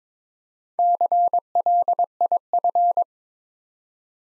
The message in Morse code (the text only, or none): CLIF